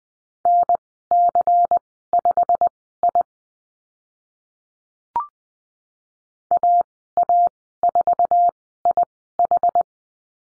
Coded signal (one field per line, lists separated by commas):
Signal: Morse code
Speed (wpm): 20 wpm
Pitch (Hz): 700 Hz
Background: none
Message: NC5I AA4IH